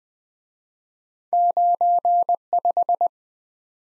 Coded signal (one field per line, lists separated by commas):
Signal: Morse code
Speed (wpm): 22 wpm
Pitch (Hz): 700 Hz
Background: none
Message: 95